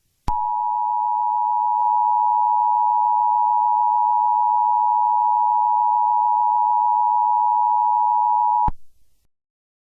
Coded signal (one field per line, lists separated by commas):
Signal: Emergency Alert System (SAME) tones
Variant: 853 and 960 Hz attention tone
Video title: EAS MOCK: The 2007 Peanut Butter Recall Outbreak